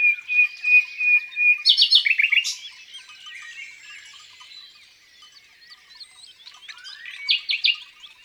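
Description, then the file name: Common nightingale song: a drawn-out whistle, a burst of loud pulsed notes, a soft quiet stretch, then another short rapid phrase. Singing in the countryside. "Rossignol philomele Chants doiseaux dans la campagne"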